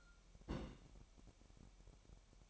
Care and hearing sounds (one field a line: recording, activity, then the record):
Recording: daily activity, microphone in the room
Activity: place on stove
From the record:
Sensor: 1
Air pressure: 1012.1 hPa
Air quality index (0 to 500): 220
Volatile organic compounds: 5 ppm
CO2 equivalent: 1761 ppm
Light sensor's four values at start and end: 65/156/65/67 and 65/156/65/67